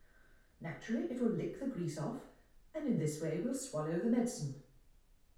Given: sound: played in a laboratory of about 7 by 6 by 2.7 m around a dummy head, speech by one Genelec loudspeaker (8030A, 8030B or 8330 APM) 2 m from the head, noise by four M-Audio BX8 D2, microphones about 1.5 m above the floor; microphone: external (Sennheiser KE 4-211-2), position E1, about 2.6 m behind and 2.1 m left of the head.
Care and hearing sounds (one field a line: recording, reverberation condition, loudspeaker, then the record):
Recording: female speech in English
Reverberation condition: medium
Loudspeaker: 60 degrees to the left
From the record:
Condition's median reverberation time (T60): about 510 ms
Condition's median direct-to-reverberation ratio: about -0.5 dB